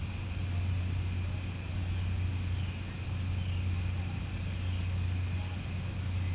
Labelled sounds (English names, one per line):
none